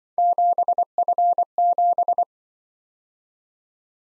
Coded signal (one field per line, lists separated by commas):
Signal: Morse code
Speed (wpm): 24 wpm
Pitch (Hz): 700 Hz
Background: none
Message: 7F7